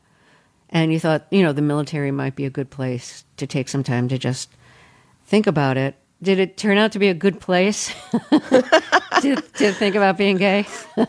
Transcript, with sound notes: And you thought, you know, the military might be a good place to take some time to just think about it. Did it turn out to be a good place...
(LAUGHTER)
...To think about being gay?